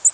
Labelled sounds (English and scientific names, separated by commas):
American Redstart (Setophaga ruticilla) flight call